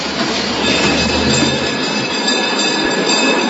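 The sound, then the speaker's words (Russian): An old, decrepit tram car of a suburban dacha line, running from the collective gardens, rolls in on its rails: a steady, loud mechanical rumble with thin, high wheel squeals drawn out over it, continuous throughout with no voices. “Подъехал дряхлый вагончик дачной линии.”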